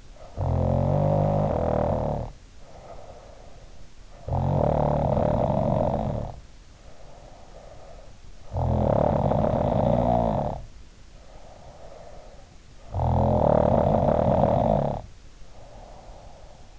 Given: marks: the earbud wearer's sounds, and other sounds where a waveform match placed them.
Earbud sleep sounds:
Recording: sounds in sleep by an in-ear microphone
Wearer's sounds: snoring breath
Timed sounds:
0.03-3.65 s: snoring breath
4.11-12.56 s: snoring breath
12.94-16.71 s: snoring breath

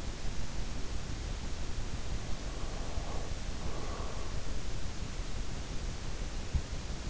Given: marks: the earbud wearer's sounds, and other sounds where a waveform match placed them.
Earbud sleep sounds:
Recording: sounds in sleep by an in-ear microphone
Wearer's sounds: breath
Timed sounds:
1.90-4.65 s: breath

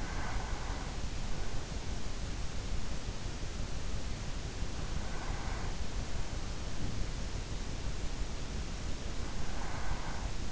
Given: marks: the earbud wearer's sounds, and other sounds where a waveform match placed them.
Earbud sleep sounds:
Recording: sounds in sleep by an in-ear microphone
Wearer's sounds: breath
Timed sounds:
0.00-1.49 s: breath
4.85-6.62 s: breath
9.22-10.52 s: breath

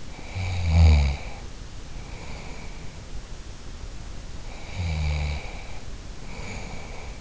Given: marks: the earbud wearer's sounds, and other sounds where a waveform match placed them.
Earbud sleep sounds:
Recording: sounds in sleep by an in-ear microphone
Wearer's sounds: snoring breath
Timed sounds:
0.08-3.01 s: snoring breath
4.38-7.21 s: snoring breath

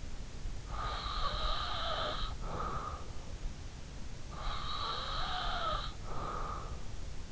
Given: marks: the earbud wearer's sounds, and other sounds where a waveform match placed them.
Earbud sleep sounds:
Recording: sounds in sleep by an in-ear microphone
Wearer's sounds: breath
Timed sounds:
0.18-3.50 s: breath
4.41-7.32 s: breath

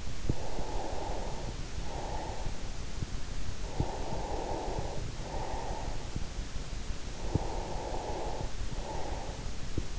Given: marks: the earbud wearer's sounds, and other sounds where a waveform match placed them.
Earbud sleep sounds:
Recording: sounds in sleep by an in-ear microphone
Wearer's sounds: breath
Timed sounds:
0.00-2.73 s: breath
3.51-5.85 s: breath
7.15-9.99 s: breath

